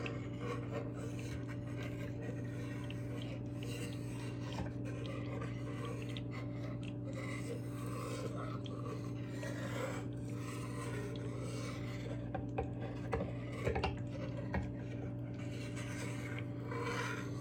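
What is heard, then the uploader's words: Tomatoes are sliced with scraping noises across a cutting board, a steady rasping and rubbing that continues throughout with little pause. Short sharper knocks and scrapes stand out around the middle and near fourteen seconds, over a constant low hum underneath. Slicing Tomatoes ASMR. Scraping noises from the cutting board.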